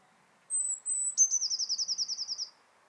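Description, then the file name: Eurasian blue tit song: a long, very high sustained whistle and a second note, then a rapid ringing trill of around a dozen pulses, otherwise quiet. "Cyanistes caeruleus"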